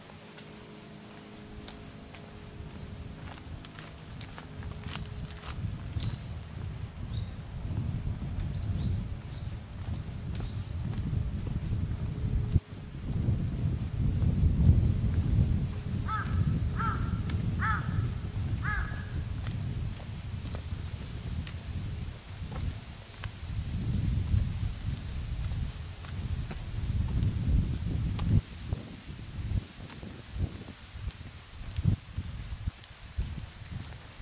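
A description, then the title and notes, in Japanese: An autumn mountainside with a steady low rumble of wind throughout, swelling in gusts midway. A crow caws four or five times in quick succession around the middle. Near the end, rustling and crackles come and go. 環境音 昨年の秋山。初めての秋の山でした。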